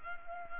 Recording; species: mosquito wingbeat signal from an infrared sensor; Culex pipiens